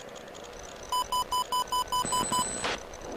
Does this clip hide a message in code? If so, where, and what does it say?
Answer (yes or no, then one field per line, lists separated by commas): no